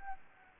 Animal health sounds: mosquito wingbeat signal from an infrared sensor; Anopheles gambiae

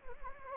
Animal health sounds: mosquito wingbeat signal from an infrared sensor; Anopheles gambiae

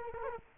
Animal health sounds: mosquito wingbeat signal from an infrared sensor; Culex quinquefasciatus

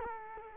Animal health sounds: mosquito wingbeat signal from an infrared sensor; Culex quinquefasciatus

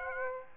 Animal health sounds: mosquito wingbeat signal from an infrared sensor; Aedes aegypti

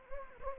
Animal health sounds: mosquito wingbeat signal from an infrared sensor; Anopheles gambiae

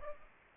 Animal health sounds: mosquito wingbeat signal from an infrared sensor; Aedes aegypti

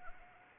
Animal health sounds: mosquito wingbeat signal from an infrared sensor; Anopheles arabiensis

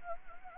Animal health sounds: mosquito wingbeat signal from an infrared sensor; Anopheles arabiensis

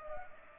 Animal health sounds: mosquito wingbeat signal from an infrared sensor; Culex pipiens

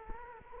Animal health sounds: mosquito wingbeat signal from an infrared sensor; Culex quinquefasciatus

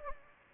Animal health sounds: mosquito wingbeat signal from an infrared sensor; Anopheles gambiae

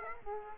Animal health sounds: mosquito wingbeat signal from an infrared sensor; Aedes aegypti

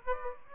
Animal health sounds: mosquito wingbeat signal from an infrared sensor; Aedes aegypti

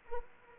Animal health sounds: mosquito wingbeat signal from an infrared sensor; Culex quinquefasciatus

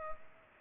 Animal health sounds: mosquito wingbeat signal from an infrared sensor; Culex pipiens

